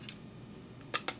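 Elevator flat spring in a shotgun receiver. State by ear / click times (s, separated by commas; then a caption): released / 1.0 s. During disassembly of a Breda Automatic 1003 "Prola" shotgun, the elevator assembly is lifted and wiggled out to the side of the receiver, and its steel flat spring snaps free at 0.9 s. A sharp, bright snap stands out against quiet background hiss, with a fainter tick near 0.1 s and another short click around 1.1 s. The flat spring comes out and is released from the elevator assembly.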